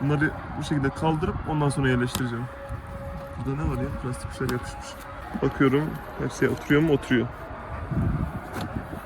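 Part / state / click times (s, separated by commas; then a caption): LED fog light bulb in fog lamp housing / not seated / none. An LED fog light bulb assembly is handled against a plastic fog lamp housing on a Focus 3.5 while someone talks, checking whether all of its tabs will seat. Faint rustling and handling noises sit under the talk. Nothing has seated or clicked yet.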